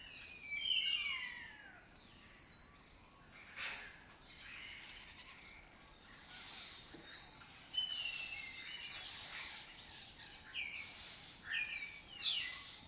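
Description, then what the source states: Lesser kestrels calling in a busy colony, with harsh, down-slurred squealing notes and scratchy chatter from several birds overlapping at irregular intervals. Migratory colony occupying an abandoned building complex in Doñana, southern Europe, its breeding area; the species forages in West Africa.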